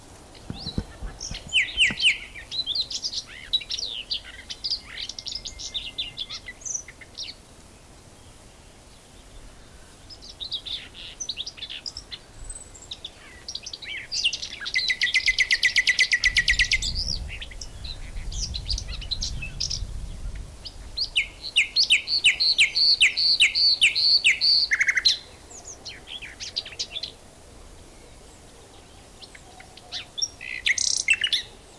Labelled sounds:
Common Whitethroat song

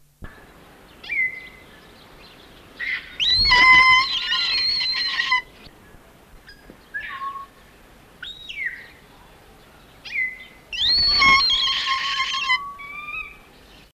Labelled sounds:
Kea call

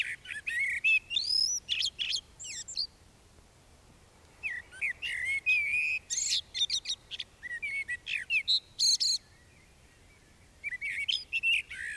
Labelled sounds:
Common Blackbird song

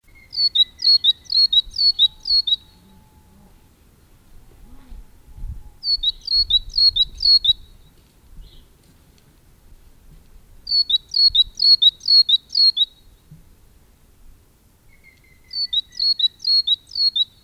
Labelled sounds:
Great Tit song

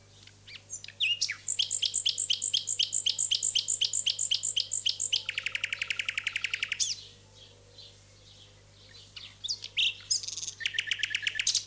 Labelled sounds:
Common Nightingale song

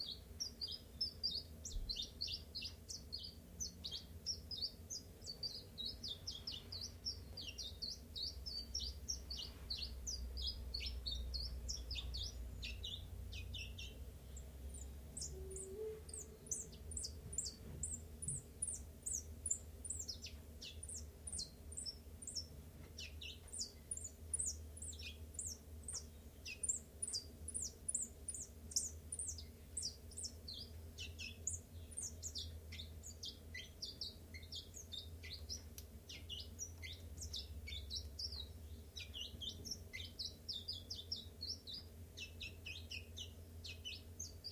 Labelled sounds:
Common Chiffchaff

